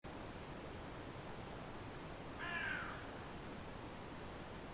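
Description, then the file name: Carrion crow giving a single harsh, drawn-out caw midway through, set against steady background hiss. "Corvus corone"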